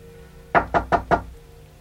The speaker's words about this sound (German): Wer das? Es hat geklopft.